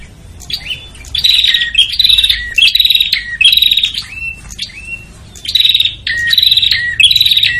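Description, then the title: Prinia calls: chattering buzzy phrases mixed with short whistled notes that drop in pitch, delivered in two busy runs with a brief pause between. Noisy prinia calls used as a lure to attract prinias, including red-headed and visiting birds. "Suara Prenjak Ribut Buat Pikat Burung Prenjak Kepala Merah Prenjak Tamu"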